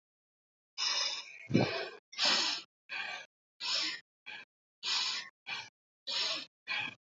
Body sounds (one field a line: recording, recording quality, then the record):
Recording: shallow breathing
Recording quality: excellent, no background noise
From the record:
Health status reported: healthy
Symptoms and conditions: none ticked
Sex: female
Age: 23 years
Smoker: not ticked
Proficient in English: yes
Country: India